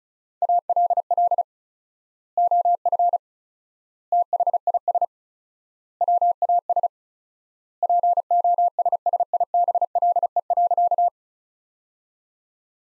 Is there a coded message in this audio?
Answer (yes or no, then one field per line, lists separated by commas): yes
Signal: Morse code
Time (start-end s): 0.4-11.1 s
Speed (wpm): 36 wpm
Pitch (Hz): 700 Hz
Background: none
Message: ALL OF THIS WAS POSSIBLE.